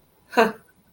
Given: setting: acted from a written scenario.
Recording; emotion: vocal sound without words; contempt